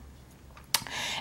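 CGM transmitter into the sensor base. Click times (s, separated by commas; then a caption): 0.8 s. A plastic Dexcom G4 CGM transmitter is pressed into the sensor pod (sensor base) on the arm, and it snaps in with a sharp click at 0.8 s, followed by a softer tick and a steady broadband rustle to the end. The transmitter is seated in the sensor.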